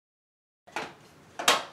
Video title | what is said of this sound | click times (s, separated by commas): How long does it take a 10 year old to build a desktop? | Oh, I heard clicks. | 1.4 s, 1.5 s